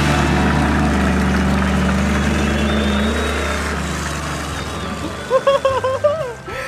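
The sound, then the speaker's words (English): Monster truck engines roar loudly with a deep, steady rumble, then rev in several quick, wavering surges near the end. “Oh, can you hear their engines are roaring so loud?”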